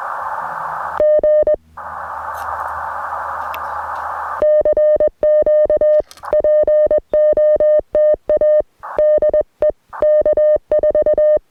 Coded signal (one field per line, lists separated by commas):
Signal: Morse code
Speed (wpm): 21 wpm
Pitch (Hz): 610 Hz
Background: music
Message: G CQ POTA DE K4